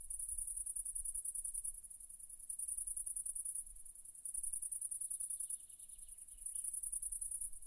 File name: Crickets Birds At Night 1 Cedars Forest Grillons Oiseaux La Nuit